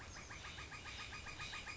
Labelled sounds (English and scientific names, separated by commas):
Northern Flicker (Colaptes auratus)